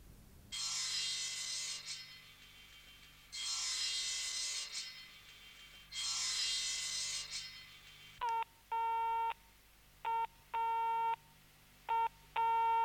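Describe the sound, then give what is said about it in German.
Three long, harsh rushing bursts give way to a telephone busy tone on a dead, cut-off line, a steady buzzy beep repeating in even on-off pulses until the end. No one speaks. “Ich bin also abgeschnitten.”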